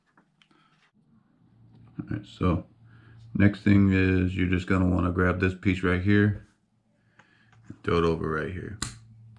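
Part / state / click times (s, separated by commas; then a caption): plastic steering link onto RC truck steering bellcrank / not seated / none. Someone talks while handling a plastic steering link piece and placing it over the steering bellcrank of a 2WD Slash RC truck, with a few faint, brief ticks of handling in between. The piece has not snapped onto the ball stud yet, and nothing has seated or clicked by the end of the clip.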